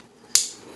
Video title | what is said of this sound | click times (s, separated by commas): Javatronia Reviews Episode 3: 2014 Predaking | And give it one last good push for that last click. | 0.3 s